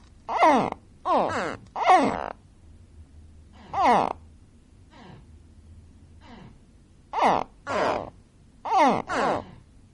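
Gharial calls: falling, harmonic grunts given singly and in quick pairs or threes, about ten calls, separated by brief silent pauses.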